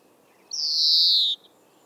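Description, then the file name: European greenfinch song: a single long nasal wheeze, slightly falling, lasting nearly a second. "Chloris chloris"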